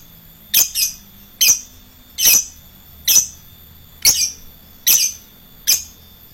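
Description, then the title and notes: Lovebird chirping, short shrill squeaks repeated steadily about every second, each a quick high burst. Adult fighter lovebird. "LOVEBIRD FIGTER. Lovebird Dewasa"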